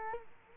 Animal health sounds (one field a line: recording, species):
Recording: mosquito wingbeat signal from an infrared sensor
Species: Culex quinquefasciatus